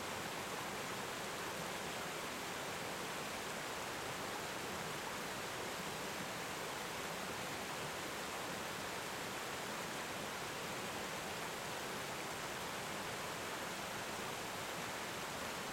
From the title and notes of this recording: Cascada Del Rio Pipo - Lapataia. Recorrido sonoro por Uahuaia y Lapataia - Tierra del Fuego - Argentina.